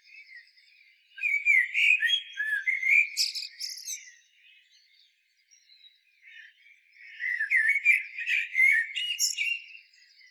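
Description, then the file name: Common blackbird song: a low, fluty warbled phrase closing in a sharp high twitter, then a quiet gap before a second similar phrase. "Turdus merula"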